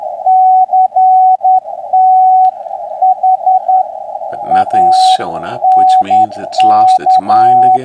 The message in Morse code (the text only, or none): CT HANK